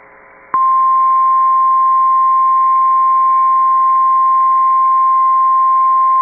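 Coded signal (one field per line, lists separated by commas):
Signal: Emergency Alert System (SAME) tones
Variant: 1050 Hz attention tone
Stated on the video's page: Real, valid EAS tones captured from an actual severe thunderstorm warning.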